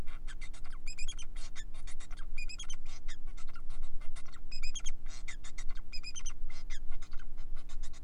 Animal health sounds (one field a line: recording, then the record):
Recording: song of a male Bengalese finch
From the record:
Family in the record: son of father 4